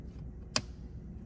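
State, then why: Seated. On a second-generation Toyota Tundra, the mass airflow sensor wire harness plug is pushed onto the sensor. A single sharp click sounds at 0.6 s over a low, steady rumble, and the connector seats.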